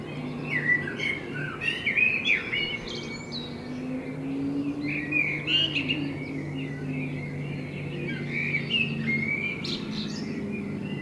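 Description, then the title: Common blackbird song, rich warbling phrases capped with shrill twitters, steady low hum throughout. Binaural recording made with a self-built dummy head, in front of the recordist's window; intended for headphone listening. "Kunstkopfaufnahme der Amsel vor meinem Fenster"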